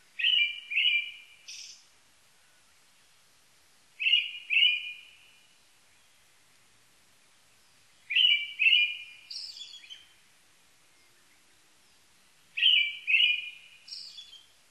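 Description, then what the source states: Brown-headed thrush singing: paired clear, fluty notes usually ending in a sharp, high, wheezy note, phrases repeated about every four seconds with two to three seconds of silence between. Recorded 1 May 1998.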